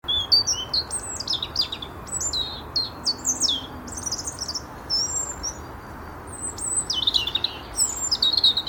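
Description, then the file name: European robin singing rapid, high, tinkling phrases of thin whistles and trills, varied, over a steady low background hiss. "Erithacus rubecula"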